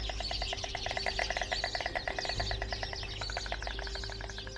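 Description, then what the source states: White Stork bill clattering, quick hollow clacks rattling in uneven bursts, with a faint steady hum beneath. Breeding partners greet each other with bill clattering while throwing their heads back to touch their backs; breeding season begins in March after the migrating partners return.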